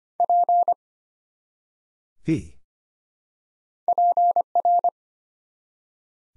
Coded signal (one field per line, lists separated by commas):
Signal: Morse code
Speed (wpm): 25 wpm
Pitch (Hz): 700 Hz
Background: none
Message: P PR